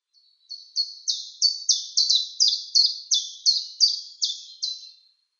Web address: Schulze Peter Common Chiffchaff song